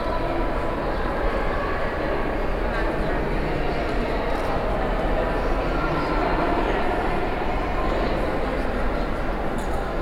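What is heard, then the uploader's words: Under the Texas State Capitol dome on the third floor, a steady, dense murmur of many voices mixes with a constant low rumble throughout. Texas State Capitol, Third Floor under the dome.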